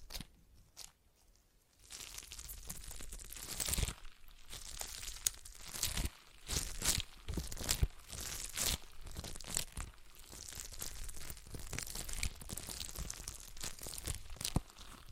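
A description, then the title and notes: A stress ball is squeezed and kneaded in dense, crinkly crunching bursts that start after a quiet second or two and continue irregularly with sharp snaps. ASMR Relaxing Stress Ball Sounds (No Talking).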